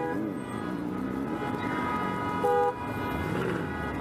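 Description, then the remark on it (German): Cars in a wedding convoy in eastern Turkey, led by the bridal couple in a decorated black Mercedes, drive to the village wedding party amid a steady rumble of engines and road noise, with a loud, sustained horn honk cutting through for a moment in the middle. “Das Brautpaar fährt in einem geschmückten schwarzen Mercedes voraus.”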